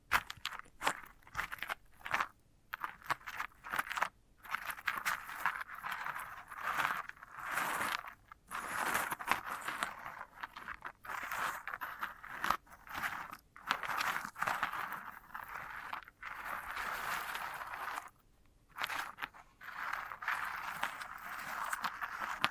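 A dried sunflower head is scratched and rubbed, giving a dense, crackly rasping that runs in irregular bursts for the whole clip. Short pauses break it up every second or two, with longer gaps near 2, 8 and 18 seconds.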